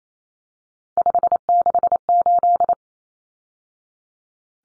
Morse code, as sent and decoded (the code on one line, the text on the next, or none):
..... -.... ---..
568